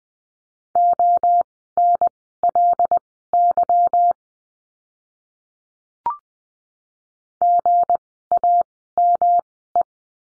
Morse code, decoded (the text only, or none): ONLY GAME